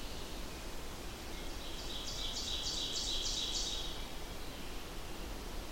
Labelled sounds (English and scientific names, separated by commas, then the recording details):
Ovenbird (Seiurus aurocapilla) song
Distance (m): 55 m
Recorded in boreal forest in Alberta, Canada, on 14 June 2016 at 07:15
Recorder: SongMeter 3, array SBT-3-33
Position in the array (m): 285 m, 289 m
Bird 22